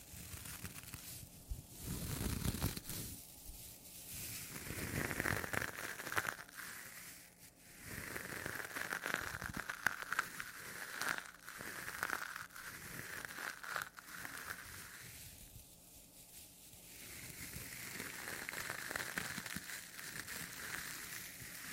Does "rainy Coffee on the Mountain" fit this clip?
no